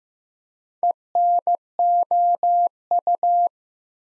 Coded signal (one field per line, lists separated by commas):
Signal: Morse code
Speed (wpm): 15 wpm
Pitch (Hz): 700 Hz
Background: none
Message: ENOU